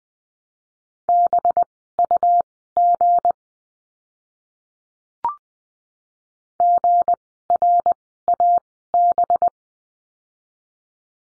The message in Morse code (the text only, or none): BUG GRAB